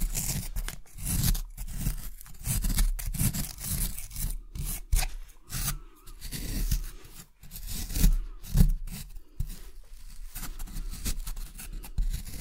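Scraping and rubbing from an excavation kit, like tools working through soil at an archaeological dig. Short gritty strokes repeat about twice per second, each with a low thump and a bright rasp, separated by brief pauses. A few sharper scrapes stand out near eight seconds.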